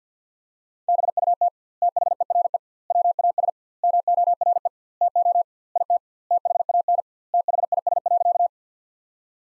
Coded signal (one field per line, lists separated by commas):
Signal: Morse code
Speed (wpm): 50 wpm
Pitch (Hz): 700 Hz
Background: none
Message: BUT THERE WAS MORE TO IT THAN THIS.